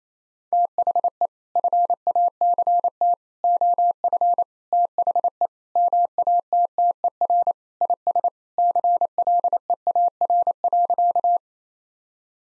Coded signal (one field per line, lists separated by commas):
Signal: Morse code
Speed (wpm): 28 wpm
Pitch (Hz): 700 Hz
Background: none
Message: THE FACT OF THE MATTER IS CLEAR.